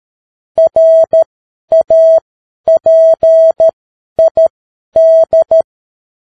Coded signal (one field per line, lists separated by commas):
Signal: Morse code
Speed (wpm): 13 wpm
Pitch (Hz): 650 Hz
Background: none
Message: RAPID